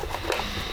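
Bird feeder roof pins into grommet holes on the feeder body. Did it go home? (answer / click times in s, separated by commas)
no / none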